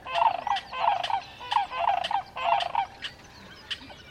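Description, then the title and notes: Sandhill Cranes calling in loud rolling, gargling bursts in quick succession, fading near the end. Dawn chorus, Sierra Valley Marsh near Portola, California, June 24, 2023, 5:33am; AT-4022 omni condensers on Jecklin disk binaural baffle. "Sierra Valley Marsh, June 24, 2023, 5:33am. The sandhill cranes take center stage in this dawn chorus recording in the Sierra Valley Marsh near Portola, California"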